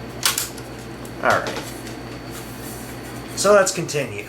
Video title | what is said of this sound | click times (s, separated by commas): RIP : Kaypro 2000 : Pt 1 | pop it open, and it pops back out. | 0.3 s, 0.4 s